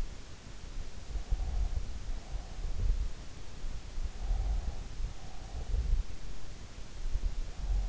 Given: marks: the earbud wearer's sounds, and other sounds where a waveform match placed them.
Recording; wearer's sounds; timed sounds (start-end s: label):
sounds in sleep by an in-ear microphone; breath
1.33-3.02 s: breath
4.30-6.25 s: breath